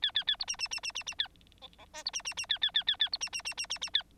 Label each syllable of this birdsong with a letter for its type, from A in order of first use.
A A A B C C C C C C A D D E B C C C A A A A A B C C C C C C A